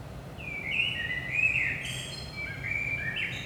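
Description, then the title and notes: Common blackbird in a continuous mellow whistled warble, notes sliding up and down, with a brief thin high twitter midway and a steady low background hum. Early morning, 5 am, in Saint-Gilles, Belgium; recorded with DPA 4060 microphones in AB position into a Zoom F3. "Saint-Gilles, Belgique - 5am Blackbird. Blackbird in the morning. Merle au petit matin"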